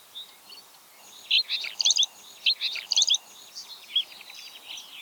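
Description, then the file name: Common whitethroat song, short scratchy warbled bursts twice in quick succession, then softer high notes over a steady background hiss. "grasmus zang"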